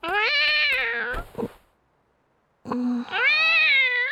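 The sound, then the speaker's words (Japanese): A cat meows twice, each a long, drawn-out, tonal cry rich in harmonics, separated by a second or so of silence; the second meow rises and wavers in pitch. “猫ちゃんもみんなレンさんが好きなんですね。”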